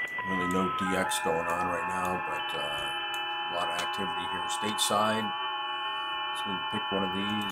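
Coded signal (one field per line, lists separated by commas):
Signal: FT8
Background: speech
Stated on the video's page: FT8 signals from POTA stations received on an Icom 7610 on 20 meters.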